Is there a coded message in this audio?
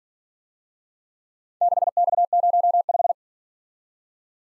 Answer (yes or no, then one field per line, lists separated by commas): yes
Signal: Morse code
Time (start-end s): 1.6-3.1 s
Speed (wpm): 47 wpm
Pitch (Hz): 700 Hz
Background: none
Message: 6X05